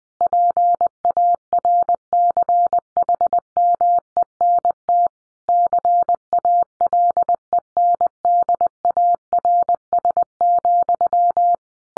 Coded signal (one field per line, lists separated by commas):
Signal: Morse code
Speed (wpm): 20 wpm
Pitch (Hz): 700 Hz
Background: none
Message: PARCHMENT CALENDARS,